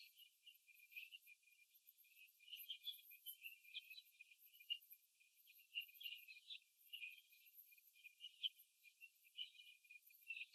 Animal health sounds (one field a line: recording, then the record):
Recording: young laying hens in a cage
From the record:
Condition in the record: before the stressor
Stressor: simulated dog barking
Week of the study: 2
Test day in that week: 3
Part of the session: 1